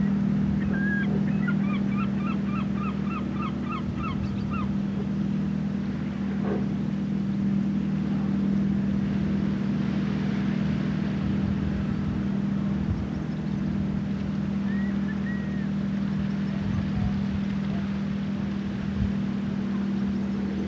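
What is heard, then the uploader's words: A tractor's steady low engine drone runs throughout, with a quick run of gull calls early on and another brief cry around fifteen seconds. Relax on a Gower headland while gulls call above and a tractor gathers hay. Listen to gulls as you sit on a headland overlooking the sea on the south Gower coast. Nearby a tractor bales hay as the last rays of afternoon sun light the fields. Recorded and presented by Hannah Tribe.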